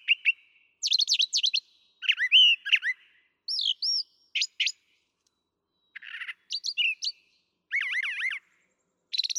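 Brown thrasher song: doubled whistled phrases, a buzzy trill and looping slurred notes, each phrase brief and followed by a pause; quiet background.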